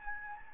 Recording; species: mosquito wingbeat signal from an infrared sensor; Anopheles gambiae